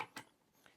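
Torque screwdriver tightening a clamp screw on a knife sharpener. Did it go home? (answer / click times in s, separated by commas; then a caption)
yes / 0.0 s, 0.2 s. A torque screwdriver set to about 17–18 inch-pounds (2 Nm) finishes tightening a screw on a folding knife sharpener's clamp. It gives two sharp clicks at 0.0 s and 0.2 s, then a faint tick near 0.7 s. Each click means the screw has reached the set torque, and it is done twice to be sure.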